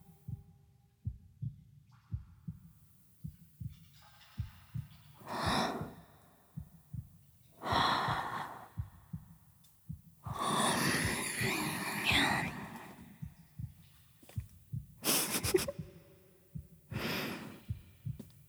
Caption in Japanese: 私の心臓の音。ドクンドクンドクン。 ドキドキしてるな。